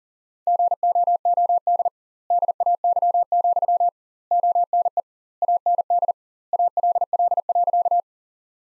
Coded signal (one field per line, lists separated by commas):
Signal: Morse code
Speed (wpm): 40 wpm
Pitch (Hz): 700 Hz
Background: none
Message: GOOD DAY, ONE AND ALL.